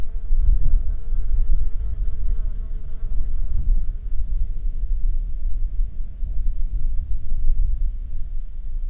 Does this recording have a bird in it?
no